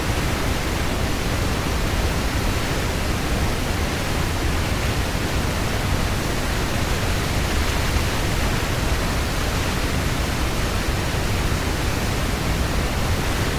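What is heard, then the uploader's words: A waterfall heard from close up, a dense, unbroken roar that holds steady for the whole stretch. The rush fills everything from a deep low rumble to a bright hiss on top, with no separate splashes or other sounds breaking through. Up Close to a Waterfall.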